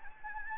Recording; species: mosquito wingbeat signal from an infrared sensor; Anopheles gambiae